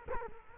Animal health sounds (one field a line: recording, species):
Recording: mosquito wingbeat signal from an infrared sensor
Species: Culex quinquefasciatus